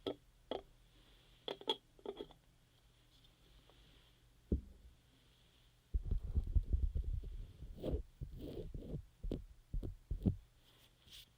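Ear massage and care sounds: soft muffled rubbing, stroking and tapping. The first half has sparse taps and brushes over a faint steady hum, then from about six seconds the rubbing grows dense and continuous, with low thumps and scraping strokes until the end.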